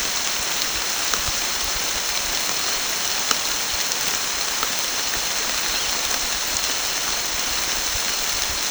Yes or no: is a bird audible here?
no